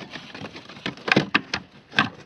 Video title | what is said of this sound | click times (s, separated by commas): VW Golf Rear Fog Light Bulb Change | push all the way in until it clicks | 1.3 s